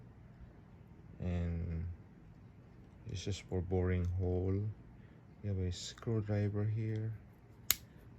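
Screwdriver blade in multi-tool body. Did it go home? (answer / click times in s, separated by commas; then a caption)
yes / 7.7 s. Someone talks while showing a generic, unbranded metal multi-tool from Lazada. Its screwdriver blade is swung open and snaps into its lock with a single sharp click at 7.7 s, and the blade stays locked open in the multi-tool body.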